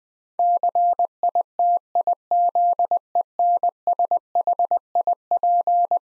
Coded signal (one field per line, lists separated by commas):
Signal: Morse code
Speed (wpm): 20 wpm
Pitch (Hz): 700 Hz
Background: none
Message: CITIZENSHIP